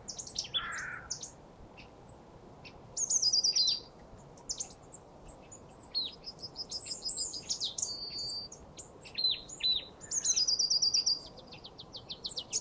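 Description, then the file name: Marsh tit calling: high, thin chips interspersed with several quick buzzy rattling series over a constant low noise bed. "Poecile palustris"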